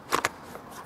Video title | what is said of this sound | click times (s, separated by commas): Setting Up and Using a 150 Bar Pressure Washer | turn it and it's locked into place this here | 0.1 s, 0.2 s